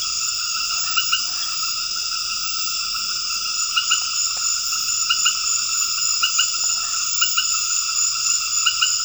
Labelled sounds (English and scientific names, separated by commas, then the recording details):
none
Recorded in dense forest near Puerto Asís, Putumayo, Colombia, on 9 March 2025 at 20:30
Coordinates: 0.484, -76.325
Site G045